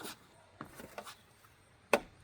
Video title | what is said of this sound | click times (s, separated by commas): Sam's Club 9ft Spell-Casting Witch Unboxing Setup and Demo!! | There we go. So, after you hear that click, that should be secured on. | 1.9 s